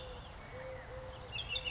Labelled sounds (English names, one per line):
Eurasian Collared Dove